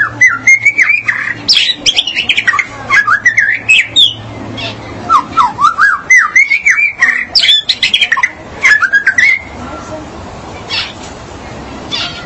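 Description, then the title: Magpie-robin or shama song: loud, varied whistled phrases in quick, jerky rising and falling runs, pausing briefly then resuming, over a low hum. "BM Suara Burung Murai"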